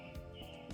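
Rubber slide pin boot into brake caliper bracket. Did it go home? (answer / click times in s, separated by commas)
no / none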